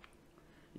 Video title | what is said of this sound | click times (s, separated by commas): #Philips #lattego again??? - kolejny pacjent tej marki - Bez Dubli - serwis ekspresów Coffee Doctor | you look, it just clicked back in. | 0.0 s